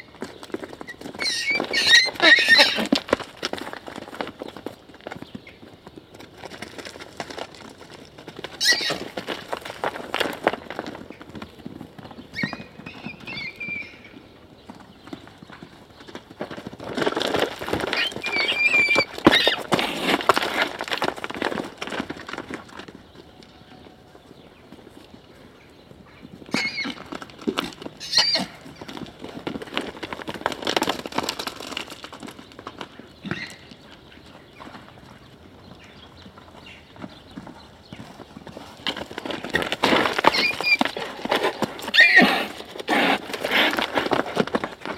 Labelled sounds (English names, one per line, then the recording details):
Horse
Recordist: Tembrock, Günter